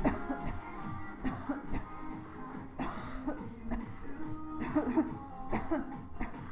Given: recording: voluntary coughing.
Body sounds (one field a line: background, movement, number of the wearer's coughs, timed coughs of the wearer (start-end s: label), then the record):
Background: music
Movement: walking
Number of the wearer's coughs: 10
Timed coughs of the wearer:
0.02-0.39 s: cough
0.39-0.66 s: cough
1.24-1.61 s: cough
1.71-1.88 s: cough
2.76-3.38 s: cough
3.69-3.90 s: cough
4.59-4.83 s: cough
4.83-5.07 s: cough
5.50-5.84 s: cough
6.18-6.44 s: cough
From the record:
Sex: female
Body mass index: 22.6 kg/m2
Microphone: on the chest, facing the body